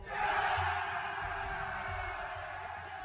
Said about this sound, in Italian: Sulle urla di trionfo dei romani che stanno per accompagnare Cesare alla riconquista di Roma